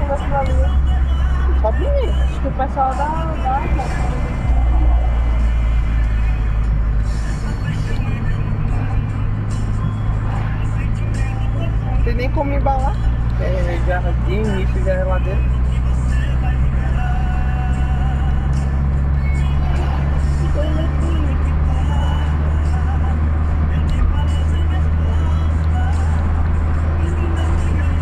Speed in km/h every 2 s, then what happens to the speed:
56, 55, 52, 47, 45, 46, 50, 57, 59, 63, 69, 70, 72, 74.
0-7 slows to 45. 10-28 speeds up to 74.